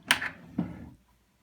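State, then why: Seated. A sliding box in a wooden cabinet mechanism comes back down, and its latch returns to its normal position with a sharp, bright snap at 0.1 s. A softer, lower thud follows at 0.6 s and fades out by about 1.0 s. The latch is engaged and the box is latched.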